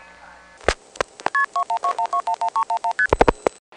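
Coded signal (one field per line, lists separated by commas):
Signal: multi-frequency trunk signalling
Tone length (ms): 90 ms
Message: KP2121211311ST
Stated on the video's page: Historic 1970s electromechanical telephone sounds sampled from recorded libraries.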